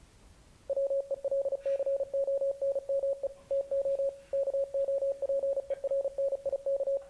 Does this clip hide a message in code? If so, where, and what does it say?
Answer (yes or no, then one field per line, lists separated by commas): yes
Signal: Morse code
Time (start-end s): 0.7-7.0 s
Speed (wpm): 35 wpm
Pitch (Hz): 550 Hz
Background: none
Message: WELCONME TO KOPERNIK